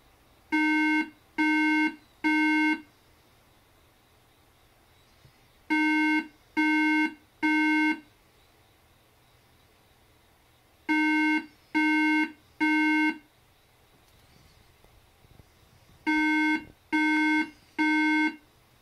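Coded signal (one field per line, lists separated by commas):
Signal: beep code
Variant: Apple iMac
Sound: buzzy tone beeps in groups of three, repeating four times with pauses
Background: room hum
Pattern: 3 short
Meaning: Three beeps on a Mac means no usable RAM was detected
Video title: Wash IMACA1311COREI5 with water to repair Macintosh junk! Mac beep sound 3 times repair YouTube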